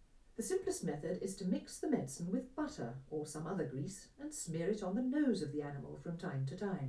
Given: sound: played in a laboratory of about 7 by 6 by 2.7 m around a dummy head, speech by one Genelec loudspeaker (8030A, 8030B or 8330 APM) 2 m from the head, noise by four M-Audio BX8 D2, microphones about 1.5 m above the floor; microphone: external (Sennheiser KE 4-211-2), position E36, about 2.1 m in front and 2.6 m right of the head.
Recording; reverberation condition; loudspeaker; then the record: female speech in English; low; 60 degrees to the left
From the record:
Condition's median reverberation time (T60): about 310 ms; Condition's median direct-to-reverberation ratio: about 3.5 dB